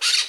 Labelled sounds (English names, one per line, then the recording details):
Brown-throated Parakeet contact call
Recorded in Margarita
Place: Rd. to Arenera, R. El Muco
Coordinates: 10.983, -64.362